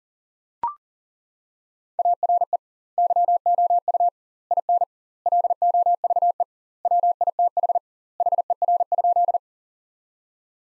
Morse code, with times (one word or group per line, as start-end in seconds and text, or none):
2.0-2.6 ARE
3.0-4.1 YOU
4.5-4.8 IN
5.3-6.4 LOVE
6.9-7.8 WITH
8.2-9.4 HER?